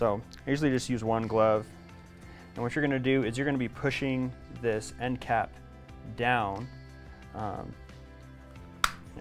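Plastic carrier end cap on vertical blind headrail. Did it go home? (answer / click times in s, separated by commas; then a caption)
released / 8.8 s. Someone talks while pushing down hard with one gloved hand on the plastic end cap of a vertical blind carrier in an aluminum Bali/Graber G98 headrail, using a lot of force because the space is small. At 8.8 s a sharp, short pop is heard as the end cap releases and comes free.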